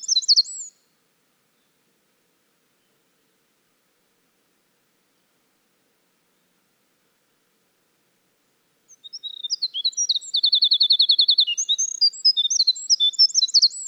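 Winter wren song: a brief end of a high twittering phrase, a long silence, then a new rapid cascade of tinkling notes with a fast trill in the middle.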